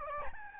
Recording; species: mosquito wingbeat signal from an infrared sensor; Aedes albopictus